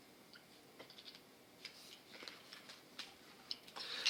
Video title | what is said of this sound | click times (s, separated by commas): Folding Long Range FPV Drone: Axisflying Kolas 7" | And it will just pop into place. | 3.5 s